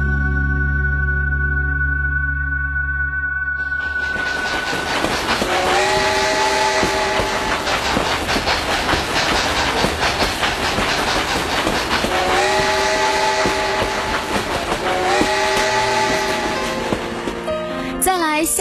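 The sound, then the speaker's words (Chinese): A luxury train, the Elite (精英号) crossing Russia, rumbles along the rails with steady clatter while a long, wavering whistle sounds twice, once mid-run and again near the end, over a constant roar. No one speaks. “豪华火车精英号豪华列车，跟湖南的精英节应该不搭边吧？”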